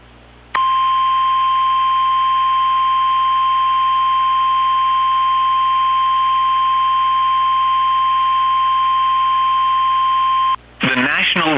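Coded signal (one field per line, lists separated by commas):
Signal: Emergency Alert System (SAME) tones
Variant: 1050 Hz attention tone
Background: speech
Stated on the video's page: Mock severe thunderstorm warning.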